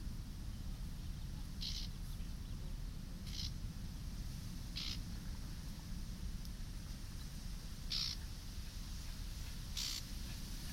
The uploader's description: Recorded on a windy path among the reeds in National Park De Biesbosch